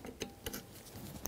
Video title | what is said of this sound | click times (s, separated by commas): How to Replace Headlights 2007-2017 Jeep Patriot 2.4L L4 | Hear it click. | 1.3 s